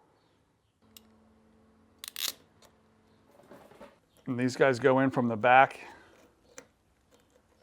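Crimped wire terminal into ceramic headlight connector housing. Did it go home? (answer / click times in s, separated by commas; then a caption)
yes / 6.6 s. A crimped barrel wire terminal is pushed in from the back of a ceramic headlight connector housing for a 6-volt Porsche 356 while someone talks. A sharp click at 6.6 s marks the terminal locking in place. The terminal is seated and will not come out.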